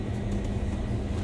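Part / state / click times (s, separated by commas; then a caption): plastic dash piece into the dash opening / not seated / none. A plastic dash piece is being handled at the dash opening of a 2016 Jeep Wrangler during an Alpine iLX-W650 install, after checking that no wires block the air conditioner hole. A steady low rumble and hum fill the clip while someone talks. Nothing has seated or clicked yet.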